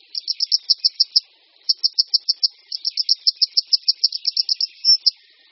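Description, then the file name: Grey wagtail calling in rapid, high, clipped notes, three quick runs of sharp ticks with barely a break between them. "Konipas-horský"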